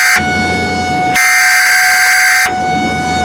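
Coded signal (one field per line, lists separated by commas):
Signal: Emergency Alert System (SAME) tones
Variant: header bursts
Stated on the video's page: Actual EAS tones used in an entirely fictional alert scenario.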